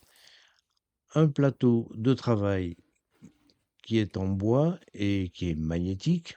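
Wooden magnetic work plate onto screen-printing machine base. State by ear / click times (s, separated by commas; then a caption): not seated / none. A wooden, magnetic work plate is handled near the base of a screen-printing machine while someone talks, with a couple of faint ticks in the background. Nothing has seated or clicked yet.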